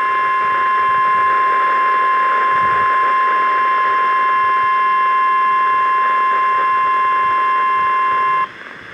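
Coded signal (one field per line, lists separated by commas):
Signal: Emergency Alert System (SAME) tones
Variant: 1050 Hz attention tone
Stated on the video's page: Severe Thunderstorm Warning on NOAA Weather Radio station KHA99.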